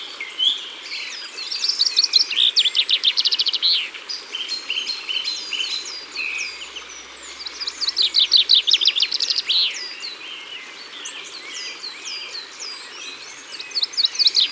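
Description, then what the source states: Common Chaffinch song, a quick series of bright notes tumbling down to a final flourish, repeated, with softer chirps between. Recorded at the water's edge.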